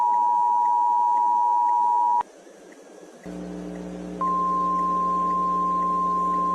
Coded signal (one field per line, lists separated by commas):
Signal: Emergency Alert System (SAME) tones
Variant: 853 and 960 Hz attention tone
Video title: Johto Windstorm (EAS Scenario)